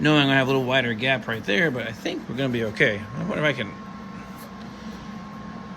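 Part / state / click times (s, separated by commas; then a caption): sheet metal window channel repair panel into car body opening / not seated / none. Someone talks while pushing a steel window channel repair panel by hand into the rusty window channel opening of a 1969 GTO Judge car body, then the sound drops to a low steady background hum with a faint constant tone. The panel has not seated or clicked into place yet; it is only close.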